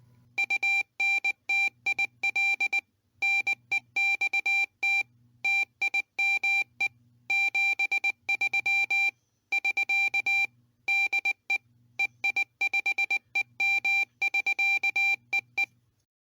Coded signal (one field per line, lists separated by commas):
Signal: Morse code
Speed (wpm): 20 wpm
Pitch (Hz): 2350 Hz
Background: none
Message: UNTIL NEXT TIME 73 <SK> DE EI5EM <SK> EE